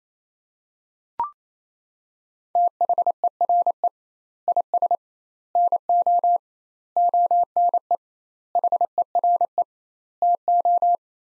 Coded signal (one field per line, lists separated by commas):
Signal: Morse code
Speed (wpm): 28 wpm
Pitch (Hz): 700 Hz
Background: none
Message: THERE IS NO ONE HERE TO